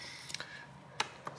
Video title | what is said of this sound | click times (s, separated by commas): Samsung Galaxy S21 Ultra 5G Loudspeaker and Charger Replacement | stick it in the 45 degree angle facing the bottom and pull it down and that usually locks it into place | 1.0 s